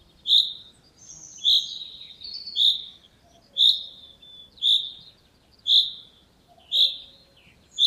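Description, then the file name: Common chaffinch calling: sharp, high single notes repeated about once a second, with a few faint softer notes in between. "Fringilla coelebs"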